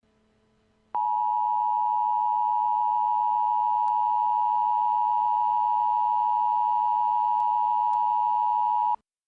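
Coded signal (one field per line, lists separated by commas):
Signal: Emergency Alert System (SAME) tones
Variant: 853 and 960 Hz attention tone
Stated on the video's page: Fictional comedic EAS scenario.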